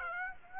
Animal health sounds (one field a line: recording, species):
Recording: mosquito wingbeat signal from an infrared sensor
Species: Aedes aegypti